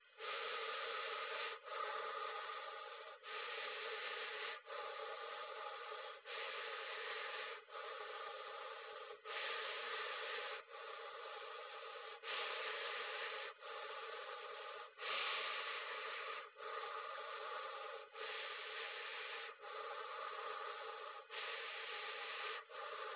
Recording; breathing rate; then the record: paced breathing near a phone; 20 breaths a minute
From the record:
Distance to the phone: 20 cm